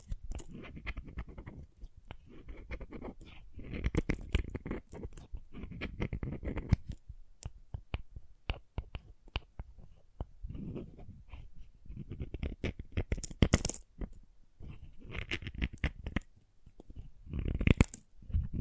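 Crayons scratch and carve in bursts, with dense gritty rubbing strokes separated by short pauses. Sharp clicks and taps are scattered throughout, thickest around the middle. A bright, hissing scrape stands out near 13 seconds and again near 18 seconds.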